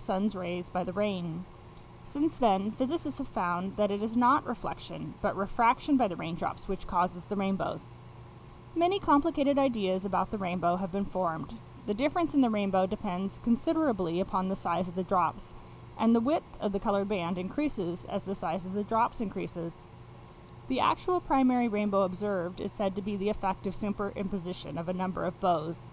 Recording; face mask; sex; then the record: reading aloud; none; female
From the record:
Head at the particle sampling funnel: facing it